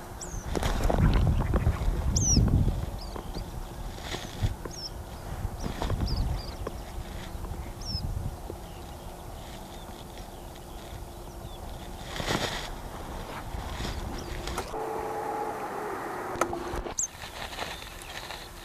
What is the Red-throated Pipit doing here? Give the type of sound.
call